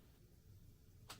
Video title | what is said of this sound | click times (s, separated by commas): Continuing the HUGE LEGO set! Announcement at 53 minutes! | twist it until it snaps. There we go. | 1.1 s